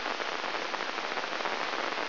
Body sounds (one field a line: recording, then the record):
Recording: brain microelectrode recording played as sound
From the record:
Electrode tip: inside the subthalamic nucleus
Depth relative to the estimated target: -4 mm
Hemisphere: left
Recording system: AlphaMap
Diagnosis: Parkinson's disease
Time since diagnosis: 11 years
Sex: male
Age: 62 years